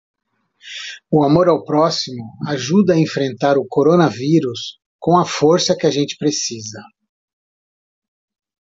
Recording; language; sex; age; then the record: spoken sentence; Brazilian Portuguese; male; 50 to 59 years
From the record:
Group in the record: control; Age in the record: 53 years